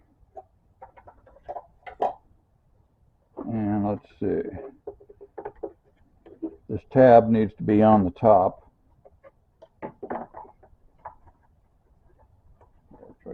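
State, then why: Seated. While fitting new headlights on a 2000 Dodge Dakota 4x4, a bulb socket or connector is lined up with its tab on top and pushed into the new headlight housing as someone talks. Scattered light handling taps lead to a sharp snap at 11.1 seconds as the part seats in the housing.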